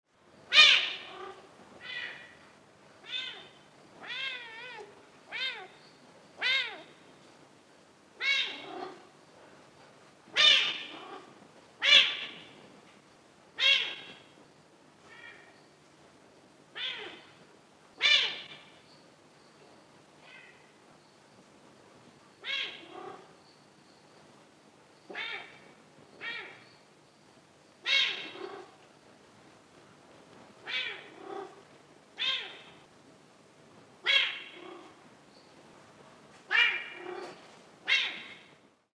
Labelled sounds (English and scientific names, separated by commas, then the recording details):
Serval (Leptailurus serval)
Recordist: Tembrock, Günter
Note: Männchen: Maunzen mit Gurren, im Hintergrund antwortet ein Weibchen